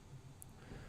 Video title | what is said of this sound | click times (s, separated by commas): Tutoriel Huawei Honor View 10 : remplacer la double caméra arrière (appareil photo) | elle se clipse et | 0.4 s